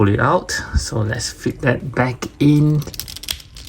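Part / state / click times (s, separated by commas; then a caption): action figure body piece into figure torso / seated / 3.3 s. Someone talks while a removed plastic piece of a Mafex John Wick Chapter 4 action figure is pushed back into the figure's torso. A quick run of small clicks leads to one very loud click at 3.3 s, as the piece seats back in place.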